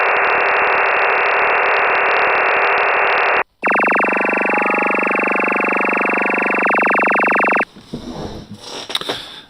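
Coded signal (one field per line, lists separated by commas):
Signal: digital SSTV (DRM)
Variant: EasyPal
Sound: steady wideband hiss block for 3.5 seconds, brief gap, another hiss block, then static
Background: radio static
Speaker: Okay, Chris, VK3CJN, how did you go with that? Chris, was up to 21 dB until we got the repeater ident, and then it dropped down to 10 and came back up to 12 or 13. So I'm going to give you 21 on that because it was a good solid signal, and full decode.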